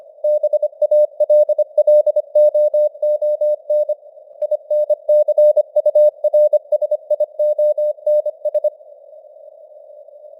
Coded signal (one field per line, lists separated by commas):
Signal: Morse code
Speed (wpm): 25 wpm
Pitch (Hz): 600 Hz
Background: none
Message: BALLOON INCURSIONS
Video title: Morse Code News | 2025-12-01 | 25wpm